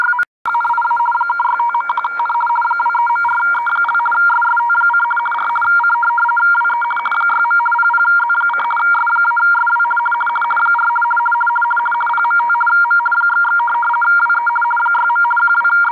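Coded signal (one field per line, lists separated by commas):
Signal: RTTY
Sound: continuous fast warbling between two close tones, with a faint steady higher whistle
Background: radio static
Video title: RTTY Signal (4585 kHz LSB) decoded by DroidRTTY app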